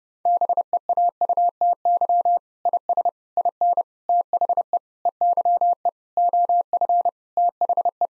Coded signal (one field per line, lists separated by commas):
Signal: Morse code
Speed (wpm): 32 wpm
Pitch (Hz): 700 Hz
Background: none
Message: BEAUTY IS IN THE EYE OF THE